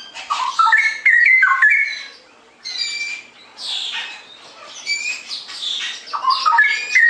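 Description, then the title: Straw-headed bulbul song, a fast gurgling warble of fluty rising and falling notes delivered in overlapping bursts, with one brief pause partway through. Masteran song-tutoring recording for caged songbirds, clear quality; song described as gacor (singing actively) and ropel (rapid rolling delivery). "mster Mnuk. Masteran Burung CUCAK ROWO Kualitas Jernih. Cucak Rowo Ropel Gacor"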